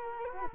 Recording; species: mosquito wingbeat signal from an infrared sensor; Culex quinquefasciatus